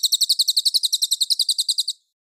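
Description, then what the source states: Mangrove whistler trilling quickly, many crisp, high notes packed into two seconds, then falling silent. Clear call.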